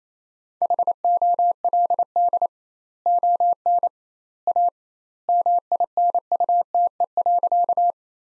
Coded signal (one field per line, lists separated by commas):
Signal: Morse code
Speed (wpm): 27 wpm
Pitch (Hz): 700 Hz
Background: none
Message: HOLD ON A MINUTE.